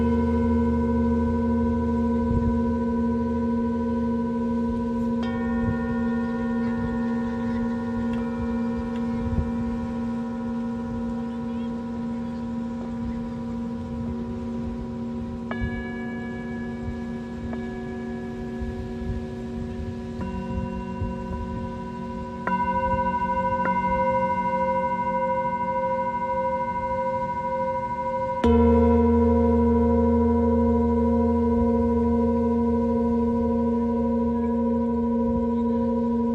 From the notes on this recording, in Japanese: シンギングボウルの音に加え波の音 風の音 誰かのかけてる音楽 話し声など